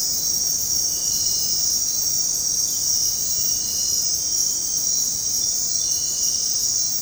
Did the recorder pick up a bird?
no